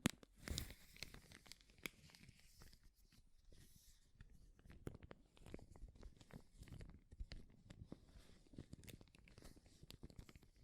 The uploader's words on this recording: ASMR Powerful Crinkles to Make You Tingle (No Talking).